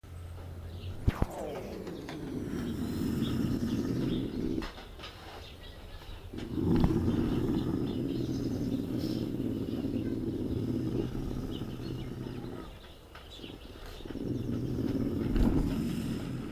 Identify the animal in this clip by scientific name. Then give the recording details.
Lynx lynx. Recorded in captivity. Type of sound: growling. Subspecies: lynx. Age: juvenile. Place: Tierpark Berlin, Berlin, DE. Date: 1968-03-24 12:00. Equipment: R 20/1, Sennheiser MD 421. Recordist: Tembrock, Günter. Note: Europäischer Luchs, wohl 2 Junge von 1967 (Käfigwagen vor den Wölfen), Knurren und Vorstossen gegen Beobachter. Abstand 1 m